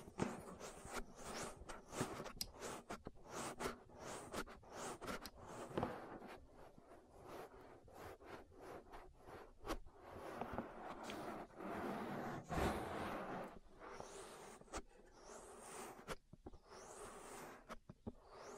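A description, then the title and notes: An ear massage made of dense rubbing and scraping strokes that fill the whole 19 seconds with a rough, brushy texture. Sharp crackling clicks and short swishes pop out irregularly, several per second, over a steady low rustle. ASMR Relaxing Ear Massage. (No Talking).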